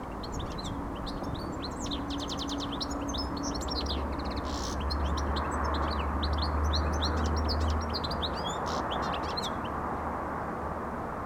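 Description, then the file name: European goldfinch song, lively tinkling twitters and buzzy trills running almost continuously, set against a constant low roar of noise. "Carduelis carduelis"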